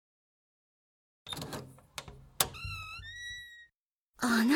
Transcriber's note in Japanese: ドア開ける